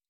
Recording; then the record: hydrophone in a shrimp aquaculture tank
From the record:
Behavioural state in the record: stressed